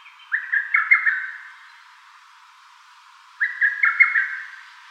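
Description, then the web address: Lesser cuckoo: two loud staccato phrases from a lesser cuckoo, each a tumbling burst of several sharp whistled notes, separated by a two-second pause. Recorded on 20 May 2018. "birdenaga hototogisu"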